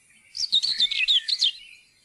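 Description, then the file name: Common whitethroat singing a short, hurried, chattering phrase of rapid scratchy notes lasting just over one second, then quiet. "tornsanger"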